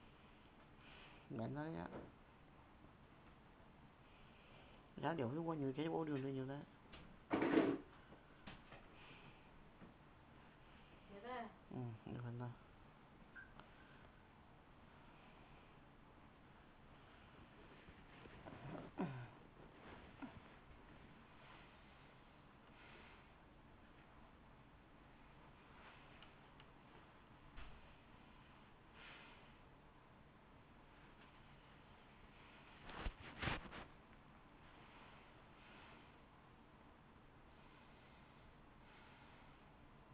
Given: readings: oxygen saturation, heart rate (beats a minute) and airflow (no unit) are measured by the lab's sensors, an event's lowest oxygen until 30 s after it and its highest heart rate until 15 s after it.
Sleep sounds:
a person awake in a sleep study, by a voice recorder at the bedside; none
0.00-40.14 s: awake
From the record:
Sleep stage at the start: awake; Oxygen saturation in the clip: 90 to 93%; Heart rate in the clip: 63 to 69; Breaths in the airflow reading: 12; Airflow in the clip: -13.5 to 12.5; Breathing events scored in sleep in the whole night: 328 in 6.3 hours asleep

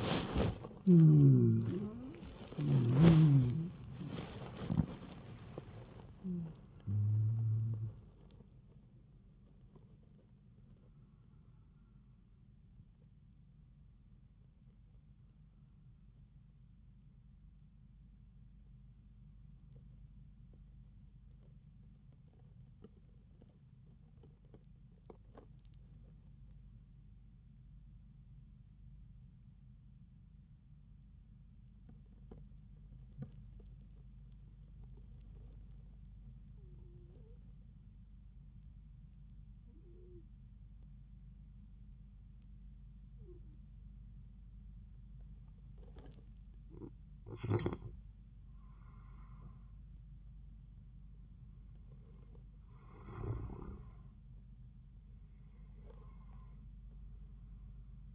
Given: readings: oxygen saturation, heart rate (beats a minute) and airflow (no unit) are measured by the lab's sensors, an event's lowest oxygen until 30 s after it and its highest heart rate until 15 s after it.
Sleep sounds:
breathing in sleep by a smartphone at the bedside; 1
9.00-58.15 s: new sleep stage, N1 (lightest sleep)
30.00-48.60 s: hypopnea (N1, oxygen 97% highest, then 90% lowest)
From the record:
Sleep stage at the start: N2 (light sleep); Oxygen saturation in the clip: 90 to 97%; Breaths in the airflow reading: 9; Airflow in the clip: -9.1 to 10.2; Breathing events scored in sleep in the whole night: 270 in 6.1 hours asleep

